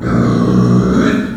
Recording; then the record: squeal of a Yucatan mini pig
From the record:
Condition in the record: after surgery on the right vocal fold (resection and tissue-engineered implant); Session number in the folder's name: 7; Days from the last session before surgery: 47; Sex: female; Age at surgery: 19 weeks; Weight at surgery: 25 kg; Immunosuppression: prednisolone